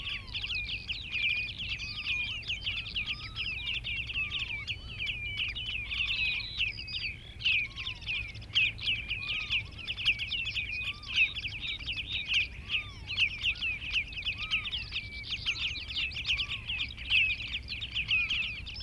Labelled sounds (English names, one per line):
Common Redshank call